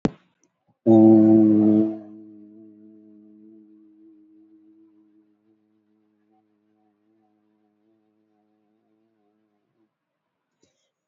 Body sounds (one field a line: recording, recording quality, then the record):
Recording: sustained vowel as in boot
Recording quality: excellent, no background noise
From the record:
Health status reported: COVID-19 positive, no symptoms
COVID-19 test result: positive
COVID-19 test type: RT-PCR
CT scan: not taken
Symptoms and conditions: cough, breathing difficulty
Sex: male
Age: 52 years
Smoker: yes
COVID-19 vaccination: one dose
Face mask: worn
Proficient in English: yes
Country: India